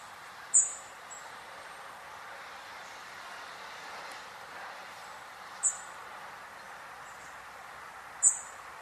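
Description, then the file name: European robin repeating a sharp, very high tick three times at uneven intervals, with quiet background hiss in between. "Erithacus rubecula"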